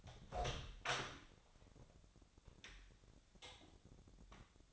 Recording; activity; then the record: daily activity, microphone in the room; open door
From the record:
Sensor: 3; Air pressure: 1007.2 hPa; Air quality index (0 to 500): 200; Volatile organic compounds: 16 ppm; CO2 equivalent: 2561 ppm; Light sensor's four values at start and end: 12/28/12/12 and 12/29/12/12